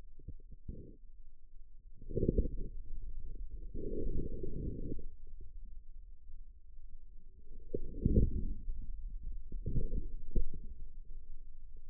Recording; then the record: forearm muscle sounds (acoustic myography)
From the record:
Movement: outward rotation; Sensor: system 2, bracelet of six BSWA MPA416 microphones around the upper forearm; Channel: 4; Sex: male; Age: 22 years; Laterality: right